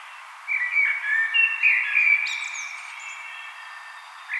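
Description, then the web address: Common blackbird singing one long, fluting phrase that trails off into a high, thin twitter, and then another phrase begins. "vogelstimmen amsel gesang nabu lars lachmann"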